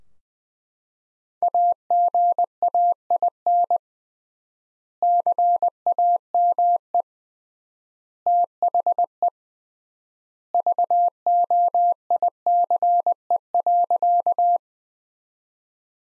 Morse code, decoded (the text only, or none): AGAIN CAME THE VOICE.